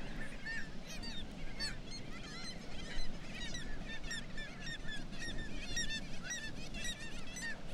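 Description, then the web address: Black-legged kittiwakes calling in a dense chorus, many overlapping nasal, wavering calls throughout, over a steady low rumble. "کاکایی پاسیاه"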